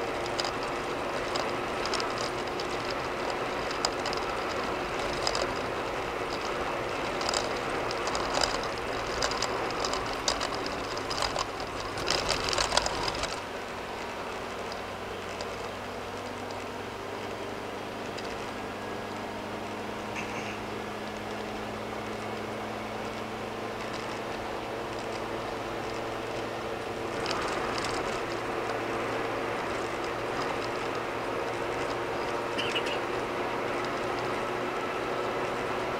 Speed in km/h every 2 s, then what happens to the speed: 93, 93, 93, 92, 87, 81, 74, 76, 77, 81, 84, 85, 87, 89, 89, 90, 93, 93.
0-6 steady at about 93. 6-13 slows to 74. 13-36 speeds up to 93.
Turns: none.